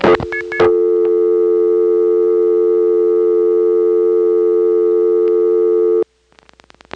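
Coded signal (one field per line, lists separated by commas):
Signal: telephone call progress tone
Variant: North America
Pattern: dial tone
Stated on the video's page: Call progress tone from Atlanta's TRinity step-by-step telephone office, recorded in 1979.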